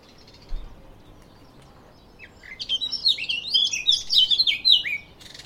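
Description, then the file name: Eurasian blackcap song, one dense, hurried warble of squeaky, jumbled high notes lasting about three seconds, with quiet before it. "Sylvia atricapilla"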